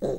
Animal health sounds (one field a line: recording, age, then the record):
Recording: pig call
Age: piglet (1 to 25 days)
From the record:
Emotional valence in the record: negative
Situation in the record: long isolation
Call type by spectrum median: low-frequency call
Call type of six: low-frequency stable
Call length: 0.19 s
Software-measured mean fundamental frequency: 59 Hz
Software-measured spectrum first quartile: 272 Hz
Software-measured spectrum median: 421 Hz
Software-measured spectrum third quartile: 557 Hz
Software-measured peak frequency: 395 Hz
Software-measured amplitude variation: 113 dB a second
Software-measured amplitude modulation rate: 12.9 a second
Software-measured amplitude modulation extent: 8.8 dB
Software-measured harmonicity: 1.1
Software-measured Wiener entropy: -0.60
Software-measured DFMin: 1173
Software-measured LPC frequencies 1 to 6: 469, 1669, 4026, 5518, 6469, 7968 Hz